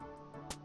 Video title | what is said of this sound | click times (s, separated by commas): HOW TO INSTALL NHK GLADIATOR INTERIOR / CARA MEMASANG INTERIOR NHK GLADIATOR | terdengar bunyi klik yang menandakan busa tipis tersebut telah terpasang dengan baik | 0.5 s